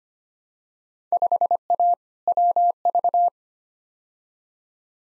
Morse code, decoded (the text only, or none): 5A WV